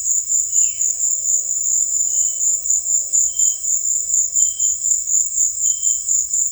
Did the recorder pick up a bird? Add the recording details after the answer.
yes. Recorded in secondary vegetation near Puerto Asís, Putumayo, Colombia, on 19 March 2025 at 16:30. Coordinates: 0.499, -76.323. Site G094